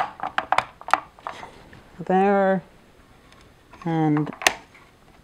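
A part of a plastic anime figurine (Hatsune Miku Love Is War Deluxe version) is handled and pressed toward the figure body or base. A quick series of sharp plastic taps and knocks comes early on, and someone talks in between. The part has not clicked or seated yet.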